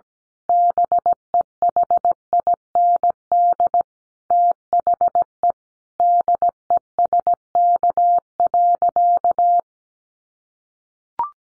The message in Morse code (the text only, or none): BEHIND THE DESK.